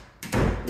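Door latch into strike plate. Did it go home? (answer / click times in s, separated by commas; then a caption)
no / none. A door is pushed shut again, and its latch meets the strike plate with a short thud at about 0.2 s, followed by a broad rumbling tail. The latch does not catch and nothing has clicked into place, so the door is still not latching.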